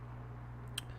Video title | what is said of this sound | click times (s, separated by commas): How To Install the Leviton IPS02 Occupancy Sensor Switch | so take it and put the the bottom part on first it snaps right in | 0.8 s